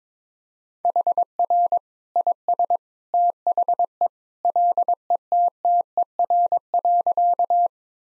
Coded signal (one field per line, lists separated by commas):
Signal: Morse code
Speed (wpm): 22 wpm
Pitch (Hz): 700 Hz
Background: none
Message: HR IS THE LETTER.